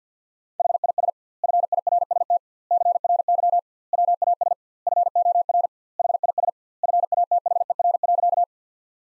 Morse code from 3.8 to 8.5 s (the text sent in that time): WAS FOR HIS FATHER.